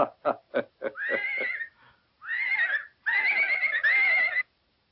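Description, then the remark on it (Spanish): A horse gives a few quick, breathy snorts, then breaks into three loud, high-pitched, quavering whinnies separated by brief pauses, with no talking. “En verdad que el exterior del caballo es bálsamo para el interior del hombre.”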